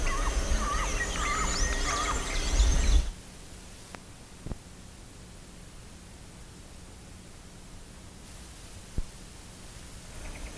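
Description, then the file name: Bird calls, a burst of sharp bending chirps over the first three seconds, then near quiet with a few isolated clicks. "SABIOD 50 bird 2015"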